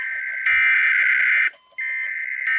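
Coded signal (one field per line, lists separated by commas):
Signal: Emergency Alert System (SAME) tones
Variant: header bursts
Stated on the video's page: EAS tests including a California tsunami drill.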